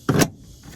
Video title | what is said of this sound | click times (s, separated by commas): WILL PROJECT DOOR PANELS WORK? 🤷🏾‍♂️ | you push that once you hear that snap in you're pretty much good for now you golden so | 0.1 s